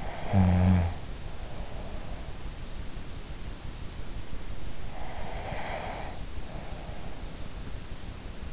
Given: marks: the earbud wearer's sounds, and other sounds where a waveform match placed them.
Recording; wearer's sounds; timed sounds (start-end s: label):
sounds in sleep by an in-ear microphone; snoring breath, breath
0.00-1.20 s: snoring breath
1.72-3.44 s: breath
4.92-6.94 s: breath